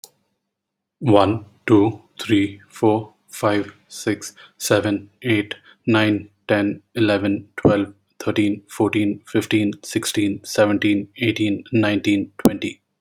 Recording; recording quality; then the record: counting at a normal pace; excellent, no background noise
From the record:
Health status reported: healthy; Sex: male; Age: 34 years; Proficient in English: yes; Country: India